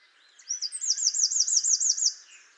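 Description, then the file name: Eurasian wren delivering a shrill, fast series of looping high notes that run together into a vigorous trill lasting under two seconds. "Troglodytes troglodytes"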